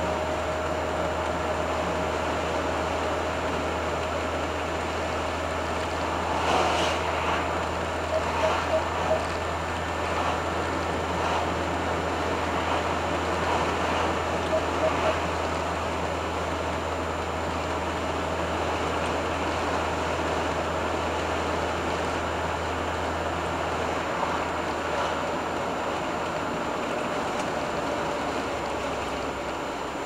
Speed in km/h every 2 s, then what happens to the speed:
72, 72, 73, 73, 74, 74, 74, 73, 73, 73, 73, 73, 71, 67, 59.
0-22 steady at about 73. 22-30 slows to 59.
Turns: none.